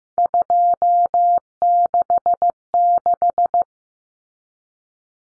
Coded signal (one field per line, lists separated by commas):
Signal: Morse code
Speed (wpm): 15 wpm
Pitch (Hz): 700 Hz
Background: none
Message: 266